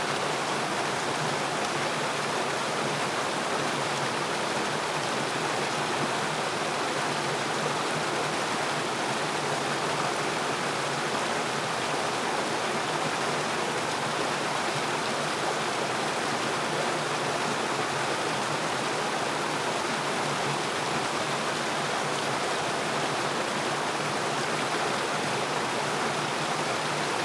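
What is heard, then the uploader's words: A forest river flows steadily for the whole clip, a dense, even rush of water with no pauses or changes in level. The sound is full, hissing bright on top with a soft low churn beneath, and no birds or other sounds intrude. Forest River - Stream Sounds. No Birds. Water Flowing.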